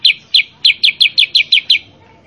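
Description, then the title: Sooty-headed bulbul song: nine loud, sharp, downward-sliding chirps in quick succession. Sooty-headed bulbul song, loud and lively (gacor), used as a master recording to train caged birds to answer and copy. "Masteran Kutilang Sutra. Kutilang Sutra mana YANG GAK NYAUT dan IKUT BUNYI GACOR dengan suara Kutilang Sutra Super GACOR Ini"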